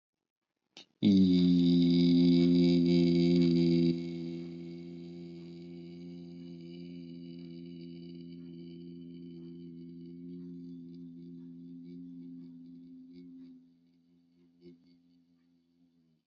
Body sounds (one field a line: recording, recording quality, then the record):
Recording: sustained vowel as in beet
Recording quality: excellent, no background noise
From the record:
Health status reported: healthy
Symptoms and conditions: none ticked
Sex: male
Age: 29 years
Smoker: not ticked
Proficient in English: yes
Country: India